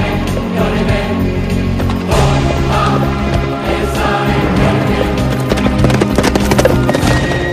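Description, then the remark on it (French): A horse gallops with quick, steady hoofbeats, sharp clip-clop strikes repeating loudly over a deep continuous rumble, with no voices. “Imaginez ce cavalier revêtu de sa cuirasse, galoper le long de nos routes, tandis qu'au-dessus de lui passe un gros avion civil.”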